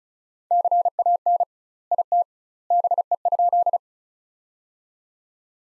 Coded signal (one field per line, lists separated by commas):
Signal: Morse code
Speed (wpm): 34 wpm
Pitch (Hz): 700 Hz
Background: none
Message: CAN IT BE?